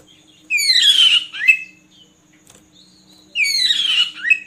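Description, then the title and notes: Oriental magpie-robin: two harsh, grating chattering bursts about three seconds apart, each ending with a short slurred note. Long-duration filler (isian) song recording for training magpie-robins to sing actively (gacor) day and night. "Kacer Jadi Gacor Siang Malam. Isian Kacer Durasi Panjang"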